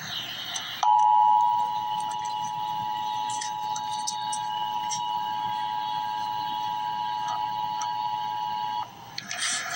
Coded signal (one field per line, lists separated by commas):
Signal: Emergency Alert System (SAME) tones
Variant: 853 and 960 Hz attention tone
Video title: Emergency Alert System - Special Weather Statement - Feb 6, 2026 at 5:34 AM EST